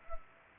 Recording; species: mosquito wingbeat signal from an infrared sensor; Culex pipiens